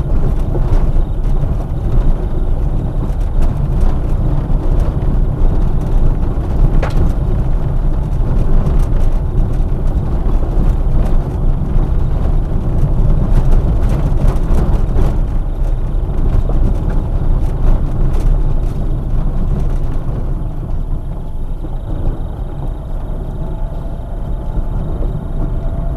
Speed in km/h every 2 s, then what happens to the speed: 19, 21, 22, 21, 21, 20, 20, 21, 19, 10, 12, 13, 12.
0-15 steady at about 21. 15-18 brakes to 10. 18-26 steady at about 12.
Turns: 17-26.